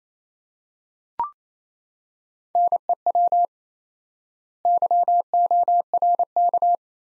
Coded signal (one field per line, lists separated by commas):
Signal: Morse code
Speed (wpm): 28 wpm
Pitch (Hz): 700 Hz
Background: none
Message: NEW YORK